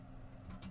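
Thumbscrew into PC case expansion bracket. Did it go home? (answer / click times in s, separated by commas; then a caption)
no / none. A thumbscrew is being turned by hand into the metal bracket of a PC case expansion slot after the card has popped into place. There is a steady low hum with faint brief rustles around 0.5 and 0.65 seconds. Nothing has seated or clicked yet.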